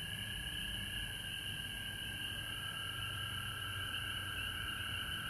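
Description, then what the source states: Continuous frog chorus with a sustained mid-pitched trill and a higher shimmering band, accompanied by steady high hiss and low rumbling background. Recorded at home in Georgia on March 19, 2020.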